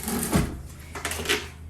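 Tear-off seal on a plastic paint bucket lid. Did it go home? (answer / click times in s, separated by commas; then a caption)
released / 1.1 s. A tear-off seal on a plastic paint bucket lid is pulled while gripped in two places, with scraping, rustling handling noise at first. A short, sharp click at 1.1 s marks the seal giving way and releasing.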